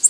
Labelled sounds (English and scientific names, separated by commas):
Orange-crowned Warbler (Leiothlypis celata) flight call